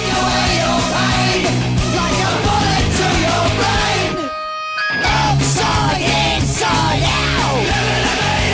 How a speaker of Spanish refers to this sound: Me escribe Jorge Benítez que no le gustan mucho los grititos del heavy metal.